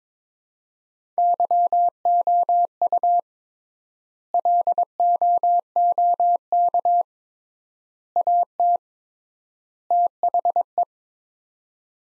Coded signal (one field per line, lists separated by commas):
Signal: Morse code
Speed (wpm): 22 wpm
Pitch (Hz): 700 Hz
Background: none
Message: YOU LOOK AT THE